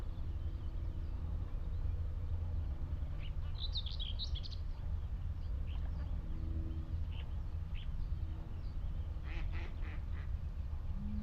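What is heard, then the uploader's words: Wetland birds call over a steady, low rumble that runs throughout. A burst of high, bright chirps comes around three to four seconds and again near nine to ten seconds, with lower, nasal duck-like calls in between around six to seven seconds. The Hoo Peninsula is a vast open landscape on the Thames Estuary. The mics (recording alone) were lodged in a hawthorn tree on Higham Marshes nature reserve and pointed out over a watery marsh. Close to the mics lapwings, redshank and cetti's warblers call, as well as geese and ducks that are familiar sounds to us urban dwellers.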